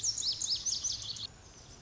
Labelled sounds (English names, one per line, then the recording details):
Lazuli Bunting
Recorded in Sonoma County, California